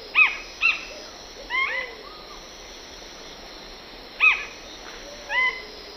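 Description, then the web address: Plain-crowned spinetail song: several sharp, short high phrases, with softer, lower slurred whistles between. Two birds singing; eastern lowlands of South America. "Natures Songs S America Eastern Lowlands. Synallaxis gujanensis, songs 2 birds"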